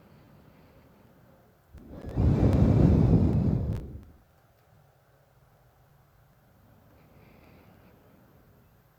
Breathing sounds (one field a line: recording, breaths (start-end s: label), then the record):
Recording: nose breathing near a microphone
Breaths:
0.00-1.66 s: inhalation
1.66-4.29 s: exhalation
6.79-8.91 s: inhalation
From the record:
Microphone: phone